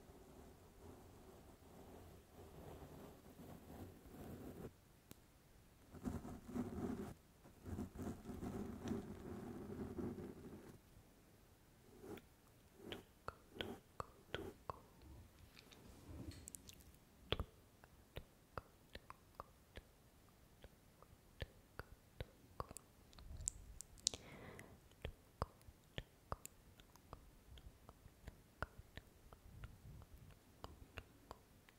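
Soft mouth sounds with wet clicks and smacking, mixed with scratching. The first ten seconds carry a low, rough rubbing texture that comes and goes, then it thins out into sparse, sharp clicks and kiss-like pops scattered irregularly through the rest, with an occasional brighter squeak.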